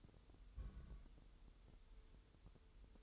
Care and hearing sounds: daily activity, microphone in the room; place on stove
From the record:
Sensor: 3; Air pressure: 988.3 hPa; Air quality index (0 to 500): 191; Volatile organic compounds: 269 ppm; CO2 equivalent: 4408 ppm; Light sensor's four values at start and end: 24/75/31/27 and 24/75/31/27

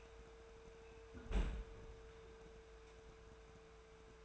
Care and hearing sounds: daily activity, microphone in the room; close fridge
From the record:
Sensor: 2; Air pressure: 1014.7 hPa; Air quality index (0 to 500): 190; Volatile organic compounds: 15 ppm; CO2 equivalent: 2514 ppm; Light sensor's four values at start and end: 10/25/10/11 and 10/26/10/11

